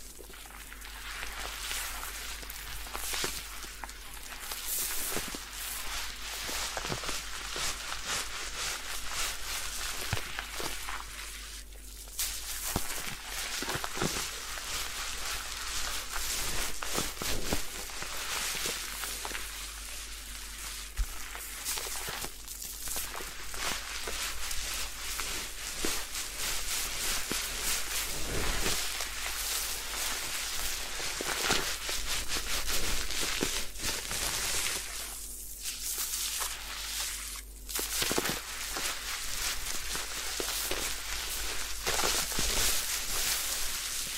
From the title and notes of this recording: ASMR Do You Need a Head Spa Hair Wash, Massage, Ear Cleaning (No Talking).